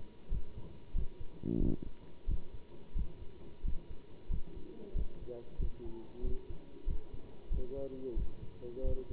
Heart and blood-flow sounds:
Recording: heart sounds by stethoscope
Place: between the tricuspid and mitral areas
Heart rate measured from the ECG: 92 bpm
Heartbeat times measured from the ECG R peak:
0.33 s: heartbeat
0.96 s: heartbeat
1.62 s: heartbeat
2.29 s: heartbeat
2.97 s: heartbeat
3.66 s: heartbeat
4.31 s: heartbeat
4.97 s: heartbeat
5.61 s: heartbeat
6.25 s: heartbeat
6.88 s: heartbeat
7.52 s: heartbeat
8.18 s: heartbeat
8.85 s: heartbeat
From the record:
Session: bicycle stress test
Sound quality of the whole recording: good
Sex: male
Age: 27 years

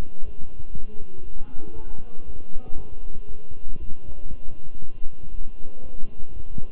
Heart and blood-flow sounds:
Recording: heart sounds by stethoscope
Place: between the tricuspid and mitral areas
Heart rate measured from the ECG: 118 bpm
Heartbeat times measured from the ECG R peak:
0.24 s: heartbeat
0.74 s: heartbeat
1.24 s: heartbeat
1.75 s: heartbeat
2.26 s: heartbeat
2.76 s: heartbeat
3.27 s: heartbeat
3.78 s: heartbeat
4.29 s: heartbeat
4.80 s: heartbeat
5.31 s: heartbeat
5.82 s: heartbeat
6.32 s: heartbeat
From the record:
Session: walking at 3.7 km/h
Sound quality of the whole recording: good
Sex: male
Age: 23 years

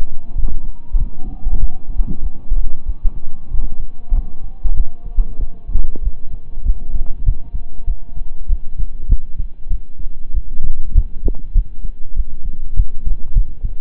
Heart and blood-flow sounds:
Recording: heart sounds by stethoscope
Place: between the tricuspid and mitral areas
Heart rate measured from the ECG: 97 bpm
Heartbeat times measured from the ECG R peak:
0.33 s: heartbeat
0.96 s: heartbeat
1.58 s: heartbeat
2.20 s: heartbeat
2.83 s: heartbeat
3.49 s: heartbeat
4.12 s: heartbeat
4.74 s: heartbeat
5.37 s: heartbeat
6.01 s: heartbeat
6.63 s: heartbeat
7.23 s: heartbeat
7.85 s: heartbeat
8.47 s: heartbeat
9.07 s: heartbeat
9.68 s: heartbeat
10.32 s: heartbeat
10.93 s: heartbeat
11.53 s: heartbeat
12.14 s: heartbeat
12.75 s: heartbeat
13.33 s: heartbeat
From the record:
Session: slow and fast walking with breaks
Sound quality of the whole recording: saturated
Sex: male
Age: 25 years

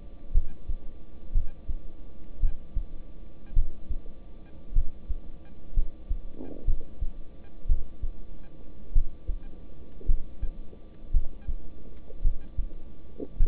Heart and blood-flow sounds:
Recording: heart sounds by stethoscope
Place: between the tricuspid and mitral areas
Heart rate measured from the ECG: 55 bpm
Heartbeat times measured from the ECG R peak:
0.32 s: heartbeat
1.33 s: heartbeat
2.40 s: heartbeat
3.54 s: heartbeat
4.73 s: heartbeat
5.74 s: heartbeat
6.65 s: heartbeat
7.67 s: heartbeat
8.93 s: heartbeat
10.06 s: heartbeat
11.12 s: heartbeat
12.22 s: heartbeat
13.37 s: heartbeat
From the record:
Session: rest, lying down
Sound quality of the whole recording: good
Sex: male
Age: 26 years

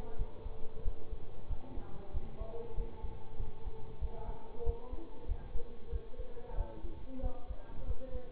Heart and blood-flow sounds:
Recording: heart sounds by stethoscope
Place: between the tricuspid and mitral areas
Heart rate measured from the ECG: 94 bpm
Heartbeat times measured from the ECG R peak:
0.16 s: heartbeat
0.82 s: heartbeat
1.47 s: heartbeat
2.11 s: heartbeat
2.74 s: heartbeat
3.37 s: heartbeat
3.99 s: heartbeat
4.63 s: heartbeat
5.26 s: heartbeat
5.89 s: heartbeat
6.55 s: heartbeat
7.20 s: heartbeat
7.85 s: heartbeat
From the record:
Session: bicycle stress test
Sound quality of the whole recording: good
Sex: male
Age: 24 years

